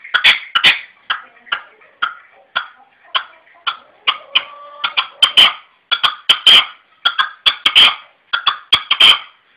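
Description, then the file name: Red-legged partridge calling in harsh, chuffing bursts, irregular at first, then quickening into dense clusters of grating notes in the second half. "perdiz roja-sonido"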